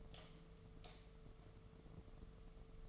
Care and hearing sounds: daily activity, microphone in the room; light off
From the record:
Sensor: 4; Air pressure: 1015.4 hPa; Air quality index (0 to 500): 170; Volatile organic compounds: 7 ppm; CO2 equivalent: 1962 ppm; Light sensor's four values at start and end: 22/54/22/23 and 19/45/19/19

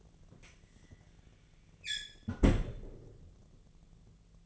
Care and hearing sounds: daily activity, microphone in the room; close fridge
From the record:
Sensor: 4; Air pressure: 1010.6 hPa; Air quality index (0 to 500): 176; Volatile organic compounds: 5 ppm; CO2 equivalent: 1782 ppm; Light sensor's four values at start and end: 28/83/33/33 and 34/100/39/40

